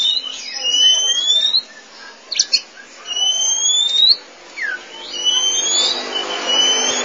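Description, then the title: Oriental magpie-robin singing slow, sustained upslurred whistles in three phrases, broken by a few sharp chips and a quick downward note. Song (kicauan). "Suara Kicauan Burung Kacer"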